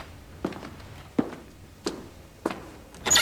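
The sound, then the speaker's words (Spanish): Knocking at the door of a temple: about five dull, thudding knocks spaced slowly and a little unevenly, each short and fairly loud, with quiet background between them and no voices. “Venerable maestro, a la puerta del templo llaman profanamente.”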